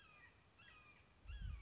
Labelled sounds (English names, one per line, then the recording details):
Red-shouldered Hawk
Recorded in Sonoma County, California